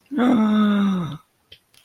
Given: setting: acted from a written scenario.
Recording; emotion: vocal sound without words; elation